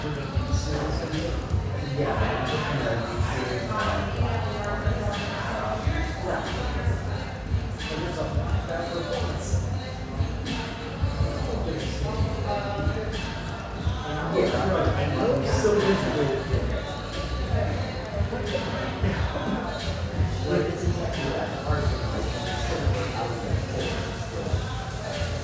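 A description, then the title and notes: A busy coffee shop full of overlapping voices, a steady dense chatter with no single speaker standing out. Short thumps and knocks pop up every second or so, like cups, chairs or a bouncing ball, over a low rumble that holds throughout. Family-oriented, high-ceilinged java joint near Portland's Willamette riverfront.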